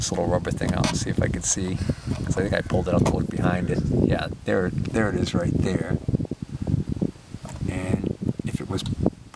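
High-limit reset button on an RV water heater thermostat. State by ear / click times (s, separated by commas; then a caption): not seated / none. Someone talks while pulling up the small rubber cover on the thermostat of a Suburban RV electric water heater to reach the high-limit reset button, with a few brief handling taps near the end. A tripped cutoff would normally click as it resets, but nothing has clicked yet.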